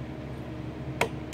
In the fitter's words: down - it snaps go